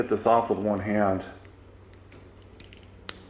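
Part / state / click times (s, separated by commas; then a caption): weatherproof cap on an inline fuse holder / released / 3.1 s. Someone talks briefly, then works a plastic Delphi weatherproof cap off an inline fuse holder with one hand, making a few faint ticks. A sharp snap at 3.1 s marks the cap coming free, revealing a 30 amp fuse.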